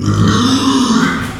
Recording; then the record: squeal of a Yucatan mini pig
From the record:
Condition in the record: after surgery on the right vocal fold (resection and tissue-engineered implant); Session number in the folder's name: 12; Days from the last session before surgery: 105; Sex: female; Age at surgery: 19 weeks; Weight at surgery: 25 kg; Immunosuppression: prednisolone